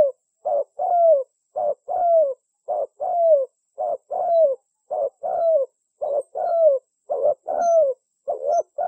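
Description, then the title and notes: Spotted Dove cooing in a steady run of phrases separated by short gaps, each a short note followed by a longer, falling coo. Compilation of dove calls meant as a lure for trapping. "Pikat Burung Tekukur. suara burung tekukur"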